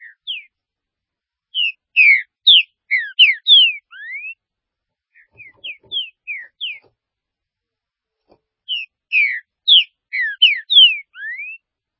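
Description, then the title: Green-winged saltator song: short bursts of clear, slurred whistles, rising and falling notes in quick succession, repeated in three phrases separated by brief pauses. "Trinca Ferro"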